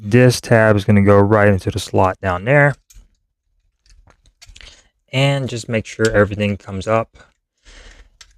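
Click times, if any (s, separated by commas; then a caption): 8.2 s. Someone talks while a plastic tab on a Teenage Mutant Ninja Turtles & Transformers Crossover Party Wallop (2024) transforming toy robot is pushed into its slot, with a few faint handling clicks around 3.9–4.6 seconds. A sharp snap at 8.2 seconds marks the tab seating securely in place.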